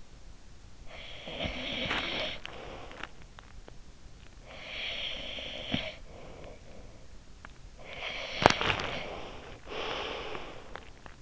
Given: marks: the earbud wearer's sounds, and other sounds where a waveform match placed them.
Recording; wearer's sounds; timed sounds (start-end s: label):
sounds in sleep by an in-ear microphone; snoring breath
0.63-2.39 s: snoring breath
4.24-6.89 s: snoring breath
7.58-11.22 s: snoring breath